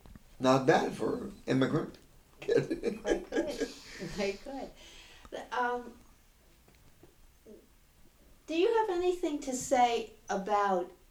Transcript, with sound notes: Not bad for an immigrant kid. ( he laughs )
You made good. Do you have anything to say about